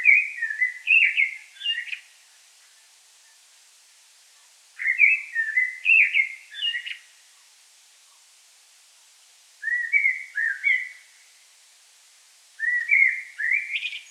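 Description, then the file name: Common blackbird giving four mellow whistled phrases separated by pauses of a few seconds, each a quick run of varied notes. "Turdus merula"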